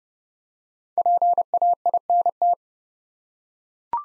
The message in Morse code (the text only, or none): PAINT